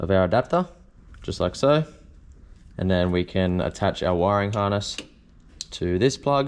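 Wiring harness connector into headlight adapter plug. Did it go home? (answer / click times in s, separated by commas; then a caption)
no / none. Someone talks while handling the light-bar wiring harness plug as it is brought up to the headlight adapter plug on a 4WD, with the headlight globe already pulled out. Soft handling noises sit under the speech. The connector has not seated or clicked yet.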